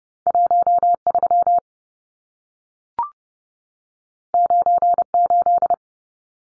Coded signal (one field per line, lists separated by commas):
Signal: Morse code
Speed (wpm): 30 wpm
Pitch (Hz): 700 Hz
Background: none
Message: 13 98